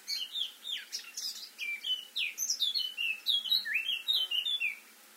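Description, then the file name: Eurasian blackcap song, a loud, varied warble with many downslurred whistled notes and quick chirps, ending in quiet. "Sylvia atricapilla"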